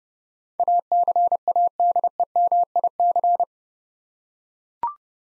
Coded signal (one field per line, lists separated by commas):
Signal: Morse code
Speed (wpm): 30 wpm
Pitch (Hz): 700 Hz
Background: none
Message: ACADEMIC